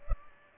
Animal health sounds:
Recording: mosquito wingbeat signal from an infrared sensor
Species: Culex pipiens

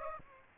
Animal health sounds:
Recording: mosquito wingbeat signal from an infrared sensor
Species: Aedes aegypti

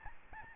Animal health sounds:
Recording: mosquito wingbeat signal from an infrared sensor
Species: Aedes albopictus

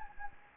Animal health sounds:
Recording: mosquito wingbeat signal from an infrared sensor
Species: Anopheles gambiae

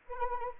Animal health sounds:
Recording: mosquito wingbeat signal from an infrared sensor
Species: Anopheles arabiensis

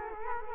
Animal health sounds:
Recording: mosquito wingbeat signal from an infrared sensor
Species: Culex quinquefasciatus

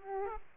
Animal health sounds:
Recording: mosquito wingbeat signal from an infrared sensor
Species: Aedes aegypti

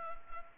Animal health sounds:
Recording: mosquito wingbeat signal from an infrared sensor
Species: Culex pipiens

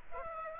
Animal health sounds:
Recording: mosquito wingbeat signal from an infrared sensor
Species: Aedes aegypti

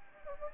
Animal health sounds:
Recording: mosquito wingbeat signal from an infrared sensor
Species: Anopheles gambiae

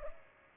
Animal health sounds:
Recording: mosquito wingbeat signal from an infrared sensor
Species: Culex pipiens

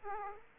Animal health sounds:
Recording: mosquito wingbeat signal from an infrared sensor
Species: Aedes aegypti

